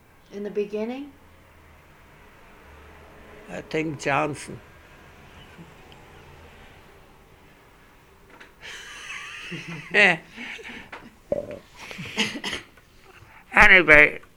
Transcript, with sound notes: in the beginning?
I think Johnson. (he laughs) Anyway,